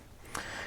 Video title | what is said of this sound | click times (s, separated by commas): DeAgostini ISS Model - (Stages 19-20) | And it should somewhat snap into place. There we go. | 0.4 s